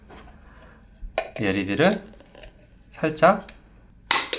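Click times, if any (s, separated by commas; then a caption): 4.1 s. A small LED holder part is pushed fully into the cylindrical LED compartment tube of a printed plastic cover while someone talks. A loud, sharp click at 4.1 s shows the part has snapped into place and is seated.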